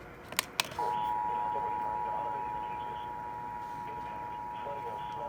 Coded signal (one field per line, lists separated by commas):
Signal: Emergency Alert System (SAME) tones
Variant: 853 and 960 Hz attention tone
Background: speech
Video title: A crazy night of alerts from Iasias EAS#161-188 8/3/20-8/4/20